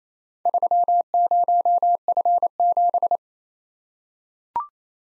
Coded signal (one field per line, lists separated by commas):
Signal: Morse code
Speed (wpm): 27 wpm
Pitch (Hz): 700 Hz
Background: none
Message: 30F7